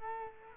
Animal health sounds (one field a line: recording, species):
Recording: mosquito wingbeat signal from an infrared sensor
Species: Culex quinquefasciatus